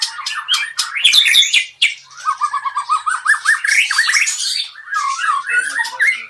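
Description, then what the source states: White-rumped shama song mixing harsh chatters, a fast repeated stuttering phrase and varied whistled notes, lively and continuous. Murai song of the Medan type.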